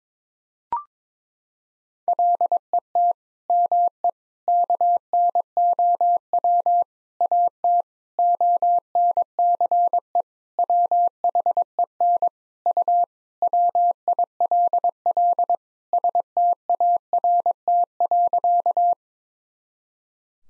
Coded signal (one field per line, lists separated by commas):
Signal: Morse code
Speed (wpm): 22 wpm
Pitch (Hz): 700 Hz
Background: none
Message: LET ME KNOW AT ONCE WHEN U WILL START.